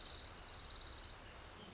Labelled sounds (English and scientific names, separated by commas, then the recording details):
Orange-crowned Warbler (Leiothlypis celata)
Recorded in Sonoma County, California